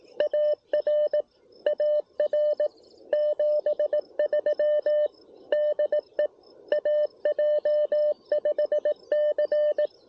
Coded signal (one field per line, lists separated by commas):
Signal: Morse code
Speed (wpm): 16 wpm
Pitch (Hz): 620 Hz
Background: radio noise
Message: AR AR 73 DE AJ5C